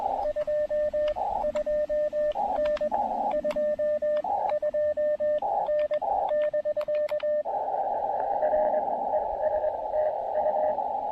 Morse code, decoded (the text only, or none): 22N 22N <BK> R ES TU